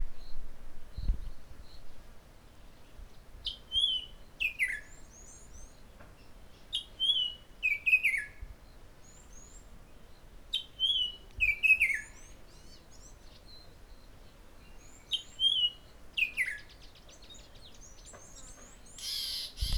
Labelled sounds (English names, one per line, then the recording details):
Spotted Morning-Thrush
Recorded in northern Uganda